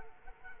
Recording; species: mosquito wingbeat signal from an infrared sensor; Culex quinquefasciatus